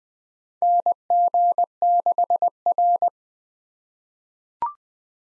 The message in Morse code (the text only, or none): NG6R